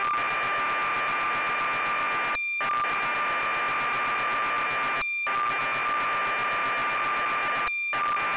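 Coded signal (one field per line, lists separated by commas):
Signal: computer data on cassette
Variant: BBC Micro, 1200 baud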